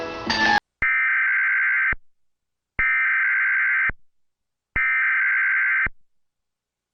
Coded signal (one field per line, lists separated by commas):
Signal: Emergency Alert System (SAME) tones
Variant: header bursts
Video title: EAS Interrupts 50 Noggin and Nick Jr Logo Collections and 60 Noggin and Nick Jr Logo Collections